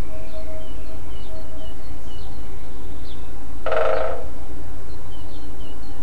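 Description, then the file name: Great spotted woodpecker drumming, a single fast roll in the middle, with quiet high twittering from other birds and a continuous low hum. Drumming; recorded 5 04 07 on a MZ-N 710 recorder. "MZ-N 710 Pic epeiche tambourinant 5 04 07"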